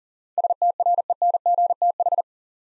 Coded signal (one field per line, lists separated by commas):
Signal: Morse code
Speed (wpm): 40 wpm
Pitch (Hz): 700 Hz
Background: none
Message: STRENGTH